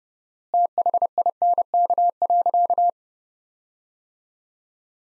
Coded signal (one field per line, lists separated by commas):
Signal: Morse code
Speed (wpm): 30 wpm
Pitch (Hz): 700 Hz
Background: none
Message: THINK.